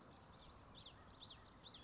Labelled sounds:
Common Yellowthroat
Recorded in Sonoma County, California

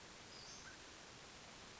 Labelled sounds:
Western Flycatcher
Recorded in Sonoma County, California

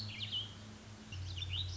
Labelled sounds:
Warbling Vireo
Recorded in Sonoma County, California

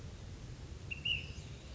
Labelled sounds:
Ash-throated Flycatcher
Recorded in Sonoma County, California

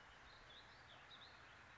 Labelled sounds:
Warbling Vireo
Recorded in Sonoma County, California

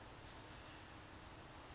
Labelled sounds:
California Towhee
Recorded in Sonoma County, California

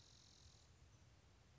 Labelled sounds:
Spotted Towhee
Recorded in Sonoma County, California

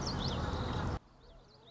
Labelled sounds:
Common Yellowthroat
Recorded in Sonoma County, California

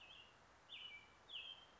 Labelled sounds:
American Robin
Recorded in Sonoma County, California

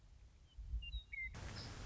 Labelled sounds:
Western Meadowlark
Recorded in Sonoma County, California

